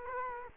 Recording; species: mosquito wingbeat signal from an infrared sensor; Culex quinquefasciatus